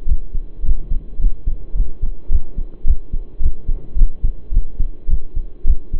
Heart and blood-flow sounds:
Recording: heart sounds by stethoscope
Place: between the tricuspid and mitral areas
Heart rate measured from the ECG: 107 bpm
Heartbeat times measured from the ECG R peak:
0.07 s: heartbeat
0.63 s: heartbeat
1.19 s: heartbeat
1.75 s: heartbeat
2.30 s: heartbeat
2.85 s: heartbeat
3.41 s: heartbeat
3.96 s: heartbeat
4.52 s: heartbeat
5.08 s: heartbeat
5.65 s: heartbeat
From the record:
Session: pedaling a stationary bicycle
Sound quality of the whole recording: saturated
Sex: male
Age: 23 years

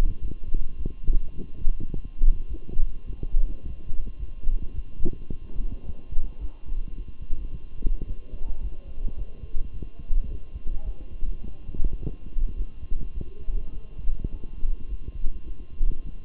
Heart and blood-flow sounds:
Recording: heart sounds by stethoscope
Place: between the tricuspid and mitral areas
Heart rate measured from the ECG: 106 bpm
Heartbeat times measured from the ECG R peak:
0.20 s: heartbeat
0.76 s: heartbeat
1.34 s: heartbeat
1.91 s: heartbeat
2.48 s: heartbeat
3.04 s: heartbeat
3.61 s: heartbeat
4.17 s: heartbeat
4.73 s: heartbeat
5.28 s: heartbeat
5.84 s: heartbeat
6.39 s: heartbeat
6.95 s: heartbeat
7.50 s: heartbeat
8.05 s: heartbeat
8.60 s: heartbeat
9.16 s: heartbeat
9.71 s: heartbeat
10.27 s: heartbeat
10.83 s: heartbeat
11.40 s: heartbeat
11.98 s: heartbeat
12.55 s: heartbeat
13.13 s: heartbeat
13.71 s: heartbeat
14.29 s: heartbeat
14.87 s: heartbeat
15.45 s: heartbeat
16.03 s: heartbeat
From the record:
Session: walking at 3.7 km/h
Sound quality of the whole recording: good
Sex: male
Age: 23 years

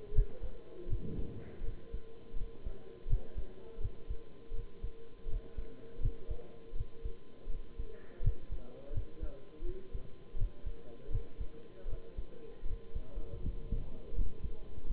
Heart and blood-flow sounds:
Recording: heart sounds by stethoscope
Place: between the tricuspid and mitral areas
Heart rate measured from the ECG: 81 bpm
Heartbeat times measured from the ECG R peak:
0.13 s: heartbeat
0.87 s: heartbeat
1.62 s: heartbeat
2.35 s: heartbeat
3.07 s: heartbeat
3.79 s: heartbeat
4.53 s: heartbeat
5.27 s: heartbeat
6.00 s: heartbeat
6.74 s: heartbeat
7.48 s: heartbeat
8.21 s: heartbeat
8.92 s: heartbeat
9.63 s: heartbeat
10.35 s: heartbeat
11.10 s: heartbeat
11.87 s: heartbeat
12.64 s: heartbeat
13.41 s: heartbeat
14.14 s: heartbeat
14.87 s: heartbeat
From the record:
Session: bicycle stress test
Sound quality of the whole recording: good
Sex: male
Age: 23 years

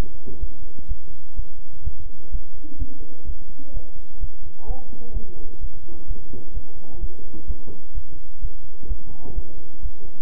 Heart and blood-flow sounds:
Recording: heart sounds by stethoscope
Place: between the tricuspid and mitral areas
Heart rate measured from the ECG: 127 bpm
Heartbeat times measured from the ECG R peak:
0.39 s: heartbeat
0.86 s: heartbeat
1.35 s: heartbeat
1.82 s: heartbeat
2.30 s: heartbeat
2.77 s: heartbeat
3.25 s: heartbeat
3.72 s: heartbeat
4.19 s: heartbeat
4.65 s: heartbeat
5.12 s: heartbeat
5.59 s: heartbeat
6.06 s: heartbeat
6.53 s: heartbeat
6.99 s: heartbeat
7.46 s: heartbeat
7.93 s: heartbeat
8.40 s: heartbeat
8.87 s: heartbeat
9.34 s: heartbeat
9.81 s: heartbeat
From the record:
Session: bicycle stress test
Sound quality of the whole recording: good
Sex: male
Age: 26 years

